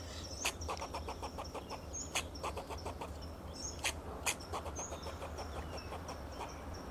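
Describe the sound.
Fox squirrel giving a run of sharp, harsh clicking notes in uneven bursts, with a few louder snaps, thin bird whistles above and a steady low rumble beneath.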